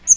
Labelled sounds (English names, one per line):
Magnolia Warbler flight call